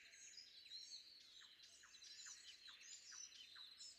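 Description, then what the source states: Common nightingale delivering a series of repeated down-slurred notes, roughly two per second, amid a busy chorus of other birds. Recorded before dawn.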